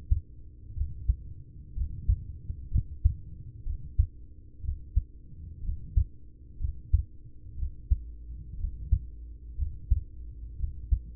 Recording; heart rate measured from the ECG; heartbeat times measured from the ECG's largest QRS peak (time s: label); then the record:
heart sounds by stethoscope; 61 bpm
0.73 s: heartbeat
1.72 s: heartbeat
2.67 s: heartbeat
3.62 s: heartbeat
4.60 s: heartbeat
5.60 s: heartbeat
6.56 s: heartbeat
7.55 s: heartbeat
8.56 s: heartbeat
9.54 s: heartbeat
10.55 s: heartbeat
From the record:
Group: heart failure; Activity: rest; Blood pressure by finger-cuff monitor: 102/56 mmHg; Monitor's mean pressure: 72 mmHg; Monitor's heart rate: 62 bpm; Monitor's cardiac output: 6 L/min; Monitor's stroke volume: 98 mL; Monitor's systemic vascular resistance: 860 dyn s/cm5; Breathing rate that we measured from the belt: 18 breaths a minute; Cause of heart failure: ischemic heart disease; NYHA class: 1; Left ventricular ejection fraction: 33%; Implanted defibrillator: present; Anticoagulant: apixaban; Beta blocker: carvedilol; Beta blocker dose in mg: 18.75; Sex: male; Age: 39 years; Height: 168 cm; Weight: 72 kg